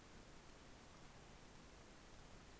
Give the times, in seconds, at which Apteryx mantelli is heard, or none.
none